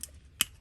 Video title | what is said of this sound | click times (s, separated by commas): Star Wars Bandai 1/144 AT-AT Part 1:Unboxing and build | until you hear a good click. And I just heard it. | 0.4 s